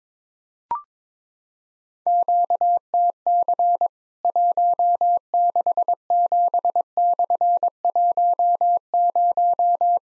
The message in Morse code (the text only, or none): QTC 167/10